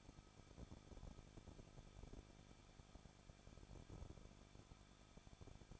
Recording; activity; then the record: daily activity, microphone in the room; no activity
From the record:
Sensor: 5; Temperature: 20.8 degrees Celsius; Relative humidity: 38.6%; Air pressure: 1006.5 hPa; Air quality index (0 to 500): 191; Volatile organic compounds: 20 ppm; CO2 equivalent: 2702 ppm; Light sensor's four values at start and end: 2/3/1/1 and 2/3/1/1